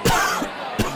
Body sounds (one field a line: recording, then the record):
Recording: coughing mixed with background sound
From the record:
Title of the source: Coughing 51